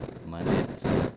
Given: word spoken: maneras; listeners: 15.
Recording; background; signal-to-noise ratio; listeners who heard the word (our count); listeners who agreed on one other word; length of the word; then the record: one Spanish word in noise, from a listening test; noise modulated by one talker; -9.4 dB; 3 of 15; 7 of 15; 0.77 s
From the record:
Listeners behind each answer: 7, 3, 2, 2, 1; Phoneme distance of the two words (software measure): 28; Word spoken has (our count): 3 syllables, 7 phonemes, stress on syllable 2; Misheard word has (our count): 3 syllables, 7 phonemes, stress on syllable 2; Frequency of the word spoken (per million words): 30.66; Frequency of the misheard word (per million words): 11.38